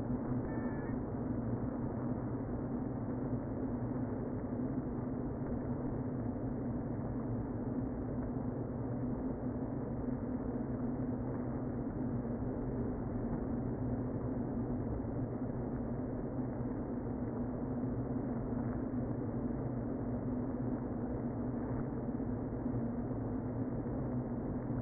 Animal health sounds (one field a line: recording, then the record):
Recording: honeybee colony, microphone inside the hive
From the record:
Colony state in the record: queen present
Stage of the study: before two queens were removed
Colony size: about 60,000 bees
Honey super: yes